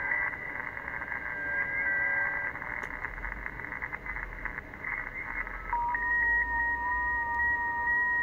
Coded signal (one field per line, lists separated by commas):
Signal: FT8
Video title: TY2CD, Benin AFRICA , 7MHz, FT8, Worked by HL2WA